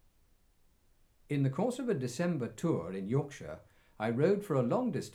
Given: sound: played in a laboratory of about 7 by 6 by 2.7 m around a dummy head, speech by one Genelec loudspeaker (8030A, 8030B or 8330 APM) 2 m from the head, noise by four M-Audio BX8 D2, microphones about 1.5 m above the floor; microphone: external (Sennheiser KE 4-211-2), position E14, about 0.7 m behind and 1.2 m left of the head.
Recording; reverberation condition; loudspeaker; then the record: male speech in English; low; 90 degrees to the left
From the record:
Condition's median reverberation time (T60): about 310 ms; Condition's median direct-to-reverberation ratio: about 3.5 dB